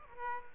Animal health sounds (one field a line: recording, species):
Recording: mosquito wingbeat signal from an infrared sensor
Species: Aedes aegypti